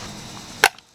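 A cleaned, partly reassembled under-hood fuse box section from a 2000 Honda Insight IMA Hybrid is slid back into its plastic housing over a low steady background. At 0.6 s it snaps into place with one sharp, loud click, followed by a faint tick near 0.8 s, and the block is seated.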